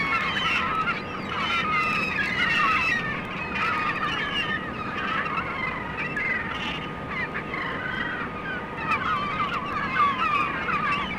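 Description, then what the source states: Gulls calling, many overlapping squealing, mewing cries. They rise and fall in an irregular chorus over a steady low rumble and hiss. Recorded on the Staten Island Ferry.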